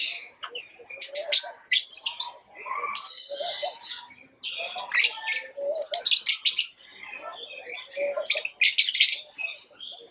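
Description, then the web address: Bird giving harsh, scratchy chattering calls in quick bursts, with short pauses between, some lower rattling notes mixed in. Recorded in Arizona. "az brid sounds"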